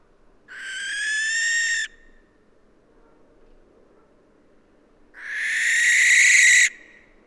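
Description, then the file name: Western barn owl producing two rasping, hissy screeches separated by a few seconds of near silence, the second louder and slightly longer. "Western Barn Owl Tyto alba"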